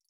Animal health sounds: hydrophone in a shrimp aquaculture tank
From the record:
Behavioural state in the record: feeding

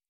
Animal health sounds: hydrophone in a shrimp aquaculture tank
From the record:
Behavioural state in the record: normal

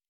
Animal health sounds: hydrophone in a shrimp aquaculture tank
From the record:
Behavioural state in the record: normal

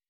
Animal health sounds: hydrophone in a shrimp aquaculture tank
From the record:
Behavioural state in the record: weakened

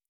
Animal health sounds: hydrophone in a shrimp aquaculture tank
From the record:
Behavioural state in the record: normal

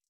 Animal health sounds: hydrophone in a shrimp aquaculture tank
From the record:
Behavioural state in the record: stressed

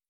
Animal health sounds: hydrophone in a shrimp aquaculture tank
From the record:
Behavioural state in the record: feeding

